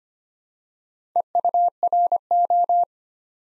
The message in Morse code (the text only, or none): EURO